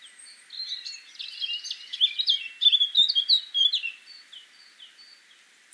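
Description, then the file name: Eurasian blackcap singing a rich, hurried warble that builds in loudness through the middle, with quick twittering notes, then fades into softer scattered chirps. "Sylvia atricapilla"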